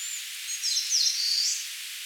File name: Phylloscopus coronatus